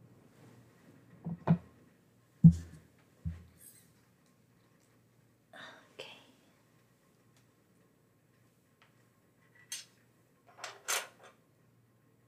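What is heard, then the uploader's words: Someone making and applying a face mask, with scattered handling sounds: low knocks and thumps around 1 to 3 seconds, softer clinks near 6 seconds, then brighter scraping and tapping toward 10 to 11 seconds. Long near-silent gaps separate the events. Making and Applying a Face Mask ASMR.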